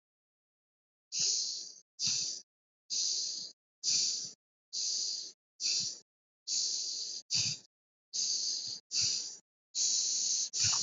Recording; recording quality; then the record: shallow breathing; excellent, no background noise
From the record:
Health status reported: recovered from COVID-19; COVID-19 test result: negative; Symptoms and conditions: fatigue, muscle pain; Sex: male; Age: 41 years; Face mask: not worn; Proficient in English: yes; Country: India